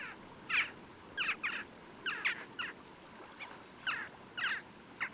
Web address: Ocells Cultura Grajilla